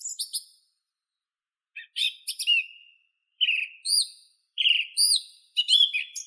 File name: Neizvesten - Drozd pevchij Turdus philomelos (Zvyki com)